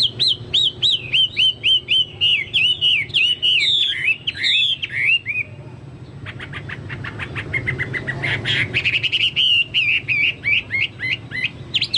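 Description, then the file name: Chinese hwamei song: rapid, repeated whistled notes in long series, a fast rattling trill, then more varied loud warbling phrases. "hwamei-2-omkicau"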